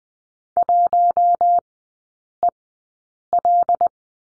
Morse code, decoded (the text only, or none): 1EL